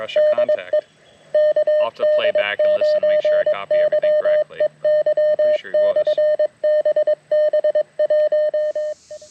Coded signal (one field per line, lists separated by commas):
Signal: Morse code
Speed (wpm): 22 wpm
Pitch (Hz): 590 Hz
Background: speech, radio noise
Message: DE KD9YEY/BB1